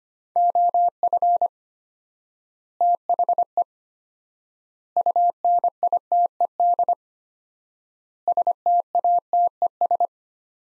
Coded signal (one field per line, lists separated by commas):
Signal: Morse code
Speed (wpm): 25 wpm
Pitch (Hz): 700 Hz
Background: none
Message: OF THE UNITED STATES